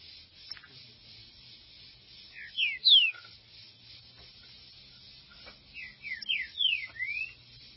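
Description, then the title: Green-winged saltator giving two short phrases of sliding whistled notes, separated by about three seconds of near-quiet. "Trinca Ferro"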